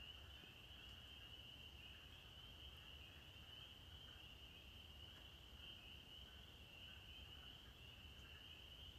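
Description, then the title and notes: Spring peeper chorus, unbroken high shrill peeping over a steady low rumble. Males singing at dusk to attract mates, heard from a porch in Maine, mid-April 2023, after the winter freeze; song likened to sleigh bells from deep in the woods. "April 15, 2023. the sound of the spring peepers, or pseudacris crucifer. Their song begins at dusk and sounds rather like sleigh bells from deep in the woods"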